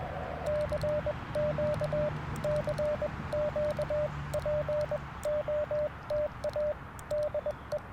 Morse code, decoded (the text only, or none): CQ CQ POTA DE